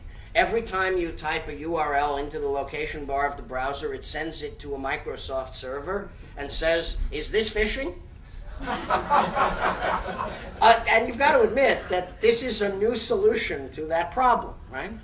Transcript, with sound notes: Every time you type a URL into the location bar of the browser, it sends it to a Microsoft server and says, “Is this phishing?” [laughter] And you’ve got to admit that this is a new solution to that problem, right?